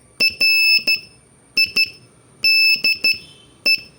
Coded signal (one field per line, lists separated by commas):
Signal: Morse code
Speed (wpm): 14 wpm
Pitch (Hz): 2650 Hz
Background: none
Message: RIDE